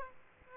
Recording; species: mosquito wingbeat signal from an infrared sensor; Aedes aegypti